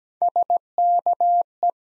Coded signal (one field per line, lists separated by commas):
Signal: Morse code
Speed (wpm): 17 wpm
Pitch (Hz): 700 Hz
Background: none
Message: SKE